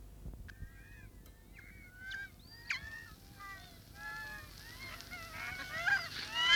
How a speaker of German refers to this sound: Ich hasse die Möwen